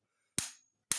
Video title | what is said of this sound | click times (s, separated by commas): How To FIX Auger Lock Down On Honda Snowblower | and pull it down until the cam lock locks into place. | 0.4 s, 0.9 s